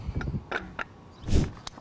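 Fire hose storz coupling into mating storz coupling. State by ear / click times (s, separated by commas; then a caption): seated / 1.7 s. Two Storz couplings on fire hose sections are pushed together and twisted until they lock, giving a few short metallic knocks and a brief scraping twist. A sharp click at 1.7 s marks the coupling locking, and the connection is secure.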